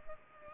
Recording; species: mosquito wingbeat signal from an infrared sensor; Culex pipiens